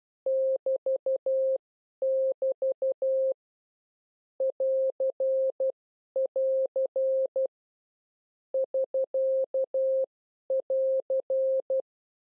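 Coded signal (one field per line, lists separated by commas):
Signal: Morse code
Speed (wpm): 12 wpm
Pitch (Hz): 530 Hz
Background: none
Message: <BT><BT> <AR><AR> <SK><AR>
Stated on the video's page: CW learning lesson on the prosigns AR, SK and BT.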